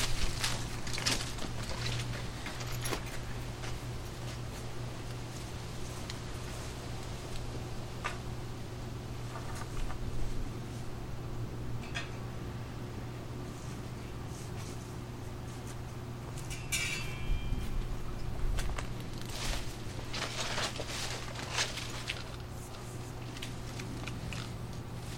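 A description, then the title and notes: Two small apple trees are cut down in a backyard. A steady low motor drone runs the whole time, with a fainter higher tone above it, while scattered snaps, crackles and brushy rustling of branches come in bursts, busiest at the start and after the middle. Cutting down two small apple trees in our backyard.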